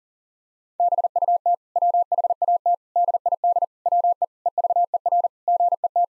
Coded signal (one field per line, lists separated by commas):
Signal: Morse code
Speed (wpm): 40 wpm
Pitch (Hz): 700 Hz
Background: none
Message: BUT WHAT DID WE EVER GET